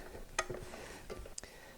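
A metal torque converter is worked onto the input and pump splines of the automatic transmission of a 1987 Olds 442 during a 455 engine install. Two sharp metallic clicks ring out at 0.4 s and 1.4 s over faint background noise. The torque converter drops in and is seated.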